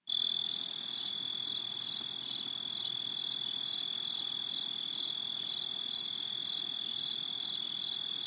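Cricket giving a continuous bright, high trill broken into regular pulses, steady throughout.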